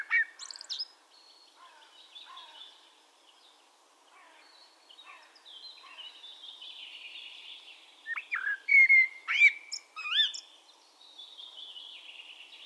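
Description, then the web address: Eurasian blackbird song: a short phrase at the start, quieter notes, then a louder fluty phrase with squeaky high notes about two-thirds through. "SETE data Turdus merula"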